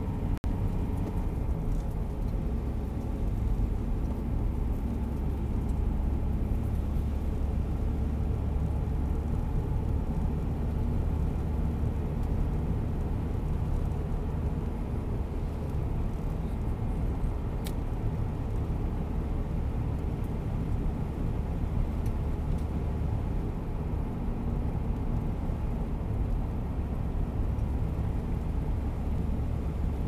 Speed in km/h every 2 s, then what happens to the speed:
61, 60, 62, 64, 67, 69, 69, 68, 69, 68, 68, 67, 65, 66, 66.
3-10 speeds up to 69. 10-30 steady at about 68.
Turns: none.